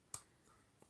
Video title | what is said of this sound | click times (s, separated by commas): Mondo 12 inch She-Ra review from He-Man and the Masters of the Universe property | that's just even feels nice just sticking it in there and feeling it click into place | 0.1 s